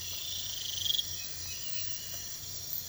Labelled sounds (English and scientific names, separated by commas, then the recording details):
none
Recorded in pastures near Puerto Asís, Putumayo, Colombia, on 22 December 2024 at 03:00
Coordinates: 0.472, -76.329
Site G072